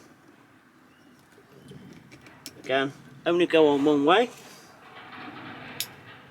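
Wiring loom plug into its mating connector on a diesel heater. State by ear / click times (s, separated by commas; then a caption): seated / 5.8 s. The two halves of a Chinese diesel heater's wiring loom plug, which only fit together one way, are pushed into each other during fitting in a Renault Trafic camper van. Someone talks, and then a single sharp click at 5.8 s marks the connector seating in place.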